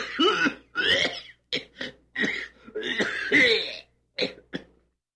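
About seven harsh, forceful coughs come in uneven bursts over five seconds, some long and rasping, ending with two short hacks. The coughing is deep and heavy in an elderly man, with brief silent pauses between bouts.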